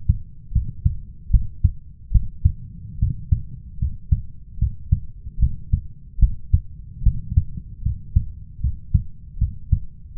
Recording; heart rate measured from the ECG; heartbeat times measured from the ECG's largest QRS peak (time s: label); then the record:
heart sounds by stethoscope; 75 bpm
0.52 s: heartbeat
1.30 s: heartbeat
2.11 s: heartbeat
2.99 s: heartbeat
3.78 s: heartbeat
4.58 s: heartbeat
5.39 s: heartbeat
6.19 s: heartbeat
7.03 s: heartbeat
7.82 s: heartbeat
8.60 s: heartbeat
9.38 s: heartbeat
10.16 s: heartbeat
From the record:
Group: healthy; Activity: cold pressor test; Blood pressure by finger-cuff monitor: 118/82 mmHg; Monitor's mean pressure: 89 mmHg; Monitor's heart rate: 75 bpm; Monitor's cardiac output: 5.4 L/min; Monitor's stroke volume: 73 mL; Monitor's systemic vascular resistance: 1190 dyn s/cm5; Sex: male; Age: 21 years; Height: 170 cm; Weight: 71 kg